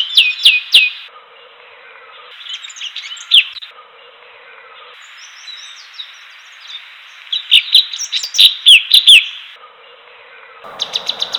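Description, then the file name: Bulbul song, bright whistled chirps and quick slurred notes in bursts, pausing between phrases, with abrupt cuts between edited segments and a faint background hiss. "kompilasi suara kicauan cucak cungkok omkicau"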